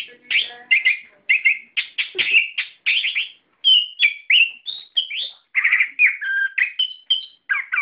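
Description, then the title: Bird delivering a busy, varied song of crisp chirps, short trills and downslurred whistles, almost without gaps throughout. "SuaraBurung Kicau4"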